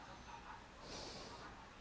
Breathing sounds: one breath in and out by a microphone near the nose and mouth; normal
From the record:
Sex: male

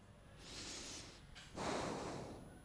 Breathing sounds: one breath in and out by a microphone near the nose and mouth; deep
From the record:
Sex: male

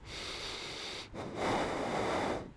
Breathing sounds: one breath in and out by a microphone near the nose and mouth; deep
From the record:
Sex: male

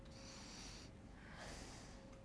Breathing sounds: one breath in and out by a microphone near the nose and mouth; deep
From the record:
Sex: male

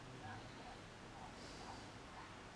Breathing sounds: one breath in and out by a microphone near the nose and mouth; normal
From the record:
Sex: male

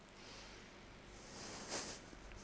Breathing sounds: one breath in and out by a microphone near the nose and mouth; deep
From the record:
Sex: female

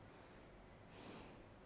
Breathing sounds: one breath in and out by a microphone near the nose and mouth; normal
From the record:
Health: marked as sick, illness not named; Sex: female

